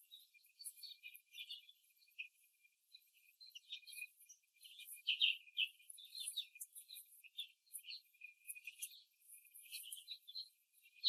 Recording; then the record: young laying hens in a cage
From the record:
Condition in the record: after the stressor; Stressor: simulated dog barking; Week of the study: 3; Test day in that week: 1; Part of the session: 2